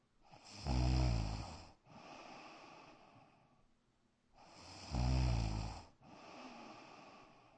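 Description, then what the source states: Dog snoring: two cycles, each a loud rattling snore followed by a softer breathy sound, about four seconds apart. Black dog, snoring indoors in a bedroom.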